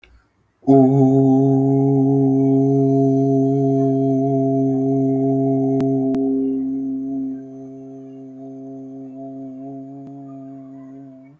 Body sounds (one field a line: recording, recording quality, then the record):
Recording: sustained vowel as in boot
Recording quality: excellent, no background noise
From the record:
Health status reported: healthy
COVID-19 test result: negative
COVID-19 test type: RT-PCR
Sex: male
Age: 33 years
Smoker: no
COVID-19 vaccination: one dose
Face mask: not worn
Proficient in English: yes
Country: India